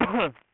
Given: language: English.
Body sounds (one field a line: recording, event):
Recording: throat vibration sensor signal played as sound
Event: cough